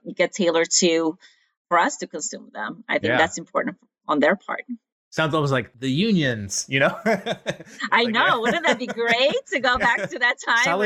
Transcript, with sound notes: get tailored to, for us to consume them, I think that’s important on their part.
Sounds almost like the unions, you know? [laugh]
I know, wouldn’t it be great to go back to that time-.